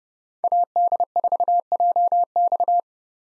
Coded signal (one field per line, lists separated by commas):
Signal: Morse code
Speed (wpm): 30 wpm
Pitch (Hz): 700 Hz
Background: none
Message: AD4JX